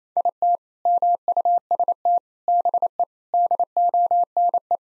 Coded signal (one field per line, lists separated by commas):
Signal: Morse code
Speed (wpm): 28 wpm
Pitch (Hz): 700 Hz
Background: none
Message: IT MUST BE DONE